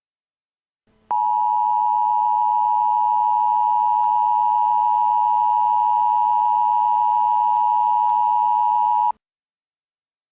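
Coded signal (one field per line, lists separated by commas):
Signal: Emergency Alert System (SAME) tones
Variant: 853 and 960 Hz attention tone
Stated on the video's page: Simulated fictional Emergency Alert System scenario.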